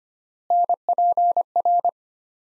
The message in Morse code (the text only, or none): NPR